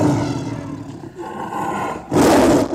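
A big cat roars, a low rumbling growl that swells and dips before breaking into one loud, harsh blast at the end, with no voices present.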